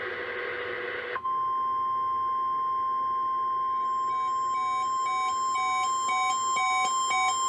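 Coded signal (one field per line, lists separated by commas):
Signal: Emergency Alert System (SAME) tones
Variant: 1050 Hz attention tone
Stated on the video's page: Emergency Alert System required weekly test.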